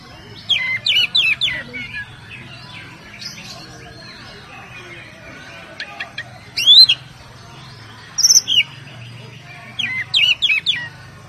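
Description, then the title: Oriental magpie-robin song in short bursts of sweet whistles and sharp rising notes, phrases separated by pauses of a few seconds, with faint low hum beneath. "Kacer"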